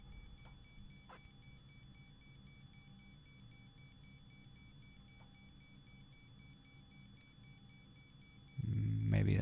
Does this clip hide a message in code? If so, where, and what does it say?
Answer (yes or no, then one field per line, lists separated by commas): no